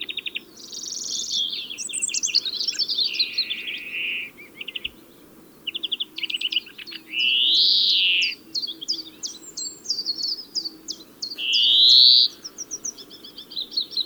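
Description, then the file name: European greenfinch song: long varied twittering with trills and two drawn-out wheezy buzzes, repeated over several phrases. "Chloris chloris"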